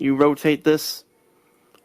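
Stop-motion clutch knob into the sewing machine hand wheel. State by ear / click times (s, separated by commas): seated / 1.8 s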